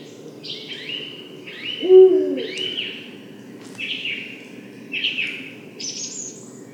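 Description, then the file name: Eurasian eagle-owl with one deep hoot near the two-second mark, while a songbird repeats slurred whistled phrases in the background. "berguv"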